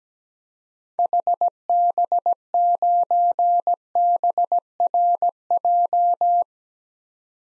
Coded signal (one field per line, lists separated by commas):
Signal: Morse code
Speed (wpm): 17 wpm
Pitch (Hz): 700 Hz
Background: none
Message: HB9BRJ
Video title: 2023 SOTA Activator Call Signs - 17wpm